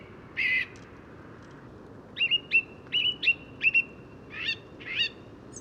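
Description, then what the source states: Song thrush: an opening rasping phrase, then a clear whistled note repeated several times in quick succession, ending with two buzzier notes, against a quiet low hum. Daybreak, just before 8 am, 1 January 2018, Bois de Vincennes, annual New Year bird count; birds singing in mild weather during storm Carmen; recorded with a parabolic microphone; first songbird recorded of the year.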